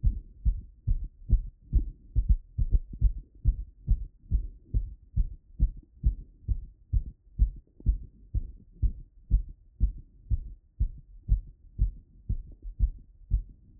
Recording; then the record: heart sounds by stethoscope after running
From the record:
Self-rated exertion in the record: moderate exertion (3 of 6); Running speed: 8 mph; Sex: male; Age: 24 years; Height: 175 cm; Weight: 56 kg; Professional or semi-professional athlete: no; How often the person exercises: over 5 times a week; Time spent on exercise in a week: over 5 hours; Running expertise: yes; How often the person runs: over 5 times a week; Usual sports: running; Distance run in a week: 60 km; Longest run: 43 km